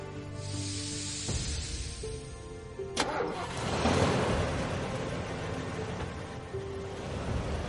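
A bus engine turns over with a sharp clunk, then its low droning hum swells louder and rougher as a convoy of five buses pulls away, settling into a steady rumble. No one speaks.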